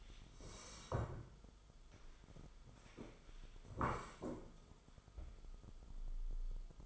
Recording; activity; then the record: daily activity, microphone in the room; sit down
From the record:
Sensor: 5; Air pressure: 1005.5 hPa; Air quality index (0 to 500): 104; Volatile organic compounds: 2 ppm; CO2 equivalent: 1276 ppm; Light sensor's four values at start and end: 34/78/31/30 and 34/78/31/30